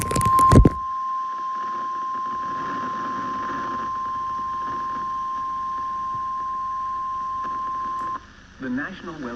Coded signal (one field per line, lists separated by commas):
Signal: Emergency Alert System (SAME) tones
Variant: 1050 Hz attention tone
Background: speech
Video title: EAS Alerts from April 29 to May 3, 2025 [EAS #1,946-1,968]